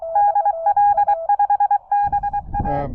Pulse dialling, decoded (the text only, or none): none